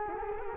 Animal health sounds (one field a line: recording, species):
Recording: mosquito wingbeat signal from an infrared sensor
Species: Culex quinquefasciatus